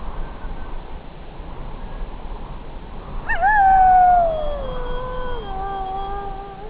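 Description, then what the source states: Wolf howl, one long howl that jumps up then slowly slides downward, over steady hiss. Several wolves.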